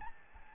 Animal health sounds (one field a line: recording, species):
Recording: mosquito wingbeat signal from an infrared sensor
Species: Aedes albopictus